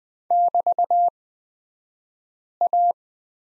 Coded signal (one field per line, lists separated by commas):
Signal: Morse code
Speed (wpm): 20 wpm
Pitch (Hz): 700 Hz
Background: none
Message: <BT>A